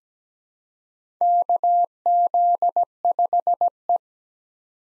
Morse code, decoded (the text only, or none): KZ5E